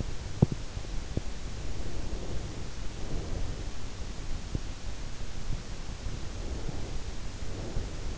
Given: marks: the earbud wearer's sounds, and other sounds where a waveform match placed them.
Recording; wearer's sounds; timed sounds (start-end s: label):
sounds in sleep by an in-ear microphone; breath
0.32-1.04 s: sound from someone else or the room
1.66-3.64 s: breath
6.30-8.18 s: breath